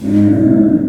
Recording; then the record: squeal of a Yucatan mini pig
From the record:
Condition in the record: after surgery on the right vocal fold (resection and tissue-engineered implant); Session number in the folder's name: 4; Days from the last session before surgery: 26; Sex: female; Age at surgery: 19 weeks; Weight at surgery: 25 kg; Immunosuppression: prednisolone